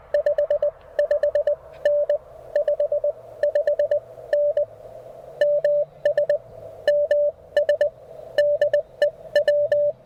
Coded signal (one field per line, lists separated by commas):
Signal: Morse code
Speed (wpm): 21 wpm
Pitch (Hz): 590 Hz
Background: music, radio noise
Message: 55N 55N MS MS DE W